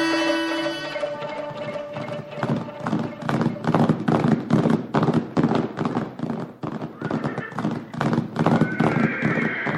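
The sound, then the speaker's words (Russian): A horse lets out a loud, shrill neigh, then rapid rhythmic hoofbeats of galloping horses pound steadily, with another high whinny rising near the end. Two riders, Gerald on his strong mustang and Captain Calhoun, gallop to help Louise, whose horse Luna has bolted, from Mayne Reid's The Headless Horseman. “Сильный мустанг Джеральда намного обогнал лошадь Колхауна и исчез за холмом.”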